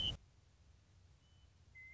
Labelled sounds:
Western Meadowlark
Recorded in Sonoma County, California

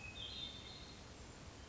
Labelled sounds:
Hermit Thrush
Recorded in Sonoma County, California

